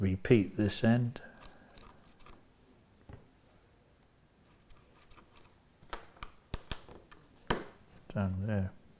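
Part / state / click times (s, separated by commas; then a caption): re-railer insert onto model railway track / not seated / none. A homemade styrene and spring-wire re-railer piece is handled and pressed down toward a model railway track beside the sleeper, with someone talking at the start and end. Sharp small clicks and taps are heard between about 5.9 and 7.5 seconds, but nothing has seated or clicked into place yet.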